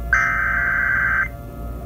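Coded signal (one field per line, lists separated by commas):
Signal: Emergency Alert System (SAME) tones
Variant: header bursts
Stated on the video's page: Fictional EAS scenario.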